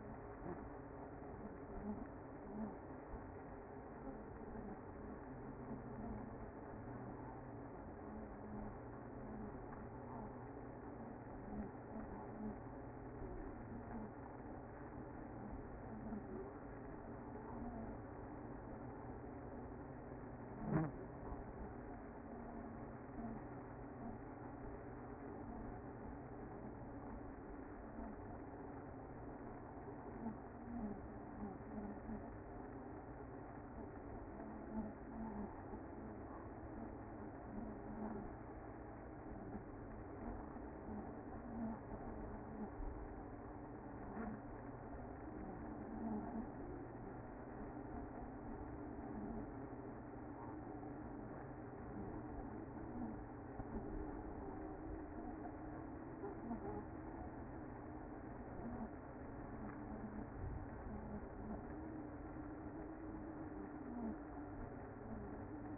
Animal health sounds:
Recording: honeybee colony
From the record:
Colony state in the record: active

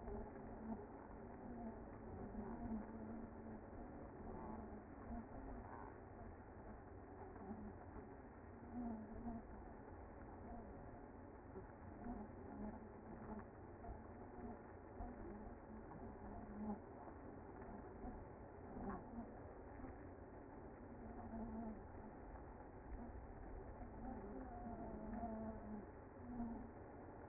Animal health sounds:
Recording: honeybee colony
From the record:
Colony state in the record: active

